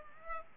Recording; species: mosquito wingbeat signal from an infrared sensor; Culex pipiens